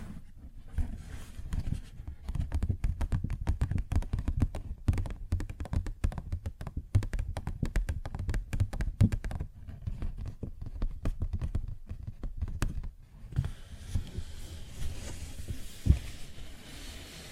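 Paper bag being tapped and scratched, a dense run of quick, crisp taps and rustles over a low rumble for the first thirteen seconds. The tapping then thins out, leaving softer scratching and a steady hiss, with one sharp tap near sixteen seconds.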